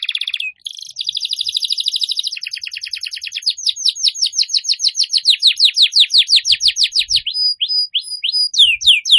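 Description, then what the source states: Canary singing a long buzzy trill followed by a quick series of repeated swept whistles, then short looping notes, bright and rapid throughout. Canary song used as a lure for birds.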